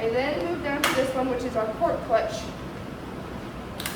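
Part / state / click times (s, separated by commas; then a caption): drape piece into port clutch of surgical robot arm / seated / 3.8 s, 3.9 s. Someone talks while a drape piece is pushed into the port clutch of a da Vinci Xi surgical robot arm. Two sharp clicks at 3.8 s and 3.9 s mark the piece snapping into place, and it is seated.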